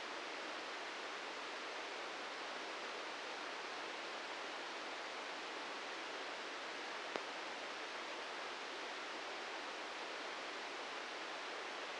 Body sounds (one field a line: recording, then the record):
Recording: brain microelectrode recording played as sound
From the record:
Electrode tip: inside the subthalamic nucleus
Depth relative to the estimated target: 0 mm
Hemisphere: right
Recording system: NeuroSet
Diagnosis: Parkinson's disease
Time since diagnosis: 13 years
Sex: male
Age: 63 years